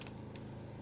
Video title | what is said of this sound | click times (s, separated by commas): Liberals guide to "full auto" | that in there and that creates a ledge just it locks in place just like that see | 0.4 s